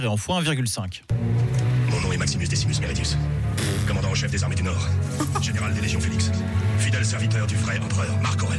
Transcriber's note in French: Extrait audio du film Gladiator accéléré x1,5